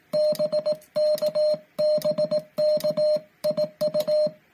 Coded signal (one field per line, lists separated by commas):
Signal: Morse code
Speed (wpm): 18 wpm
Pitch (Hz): 610 Hz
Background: music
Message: BKBK IU